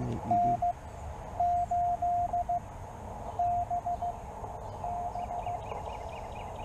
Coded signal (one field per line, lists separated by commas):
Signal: Morse code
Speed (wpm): 15 wpm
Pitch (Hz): 700 Hz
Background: radio noise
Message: N8BB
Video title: My 1st Solo Pota Activation. Parks on the Air, CW from K-2943